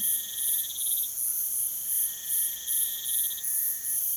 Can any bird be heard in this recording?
no